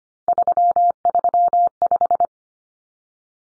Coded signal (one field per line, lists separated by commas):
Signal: Morse code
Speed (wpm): 25 wpm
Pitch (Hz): 700 Hz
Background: none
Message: 335